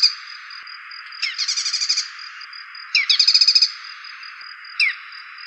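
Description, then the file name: Dark-necked tailorbird singing short trills of pulsed high notes, each opening with a falling chip, then a lone falling chip, over a constant high whine and background hiss. "cinenen belukar"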